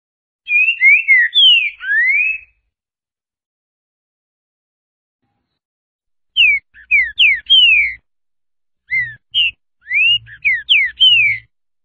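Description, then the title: Green-winged saltator song, three bursts of varied whistled slurred notes, the later ones accompanied by soft low thumping sounds. Voice type 06, one of fourteen named song types of this species compiled together. "Canto De Trinca Ferro Voz 06. TODOS OS CANTOS DE TRINCA FERRO [14 tipos de canto de trinca ferro em um só vídeo]"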